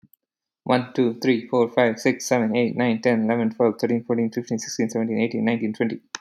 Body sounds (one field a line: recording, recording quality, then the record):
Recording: counting at a fast pace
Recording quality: excellent, no background noise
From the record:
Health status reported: exposed to COVID-19, no respiratory illness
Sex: male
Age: 41 years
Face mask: not worn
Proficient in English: yes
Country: United States